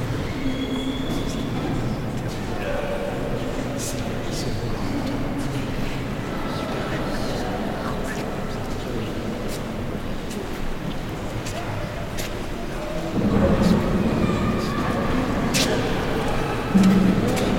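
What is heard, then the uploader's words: Inside St. Etienne cathedral, a dense murmur of many voices fills the space, with indistinct chatter and scattered clicks and knocks throughout. A low rumble runs underneath, and around thirteen seconds the crowd noise swells louder, with a brief bright sound near seventeen seconds. Recorded by Dan Capture. In St. Etienne cathedral.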